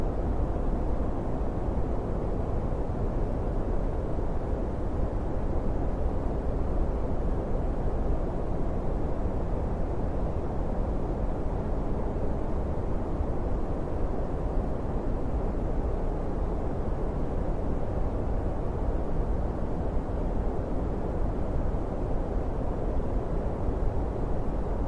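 Steady brown noise, a deep, dense rumble weighted to the lows with muffled upper tones, unchanging in level for the whole stretch.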